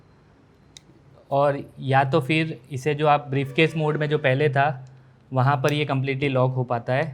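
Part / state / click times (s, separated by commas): extendable side arm into its locked position on a camera gimbal handle / seated / 0.8 s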